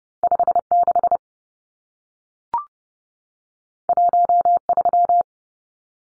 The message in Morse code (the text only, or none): 56 13